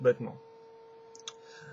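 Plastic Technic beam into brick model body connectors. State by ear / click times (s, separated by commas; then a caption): seated / 1.1 s, 1.2 s, 1.3 s. A brown three-hole plastic Technic beam is pushed onto the connector pieces of a brick model's body to cover and hold the body section. Someone talks briefly at the start, then after a steady hum a short cluster of clicks comes at 1.1, 1.2 and 1.3 seconds, the last the loudest, as the beam snaps easily into place.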